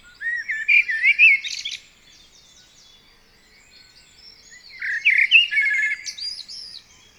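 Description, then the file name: Common blackbird: songbird giving two bursts of squeaky, twittering warbles with some lower fluty notes and a quiet gap between them. "Turdus merula"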